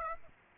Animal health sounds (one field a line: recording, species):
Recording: mosquito wingbeat signal from an infrared sensor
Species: Aedes aegypti